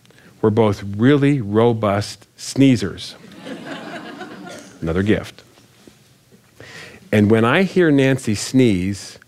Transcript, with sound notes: We’re both really robust sneeze-ers! (laughter) Another gift! And when I hear Nancy sneeze,